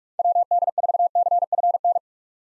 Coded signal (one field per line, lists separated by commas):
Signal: Morse code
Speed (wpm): 43 wpm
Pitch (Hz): 700 Hz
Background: none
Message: WD4CFN